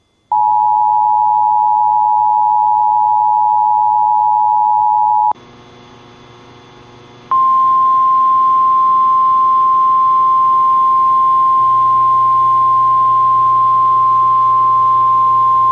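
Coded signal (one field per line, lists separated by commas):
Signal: Emergency Alert System (SAME) tones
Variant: 853 and 960 Hz attention tone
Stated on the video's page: Required Weekly Test on a weather radio station.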